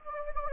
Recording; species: mosquito wingbeat signal from an infrared sensor; Anopheles gambiae